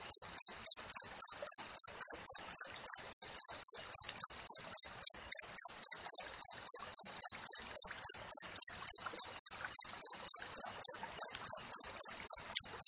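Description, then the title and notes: Long run of cricket chirps, high and metallic, keeping a regular rhythm of close to four per second without breaks. Clear natural cricket recording with closely spaced chirps, intended as master audio for training songbirds and for driving away rats. "Masteran Jangkrik Alam Jernih, Jeda Rapat Cocok Untuk Masteran Burung Dan Mengusir Tikus. suara jangkrik"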